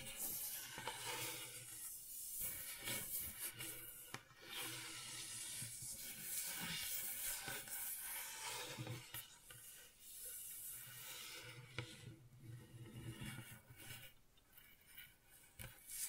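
Gentle scratching carries on throughout, a dense, hissing rasp with many quick strokes and small clicks. It stays fairly steady and bright, with a low hum underneath and brief dips in loudness around 9–10 seconds and again near 15 seconds.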